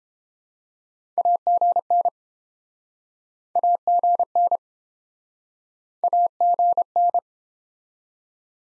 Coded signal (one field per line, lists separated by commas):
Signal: Morse code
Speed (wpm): 29 wpm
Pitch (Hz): 700 Hz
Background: none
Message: AGN AGN AGN